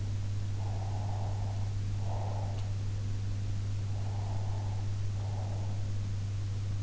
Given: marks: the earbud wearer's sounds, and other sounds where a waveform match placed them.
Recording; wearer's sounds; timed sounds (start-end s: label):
sounds in sleep by an in-ear microphone; breath
0.62-2.74 s: breath
3.98-5.88 s: breath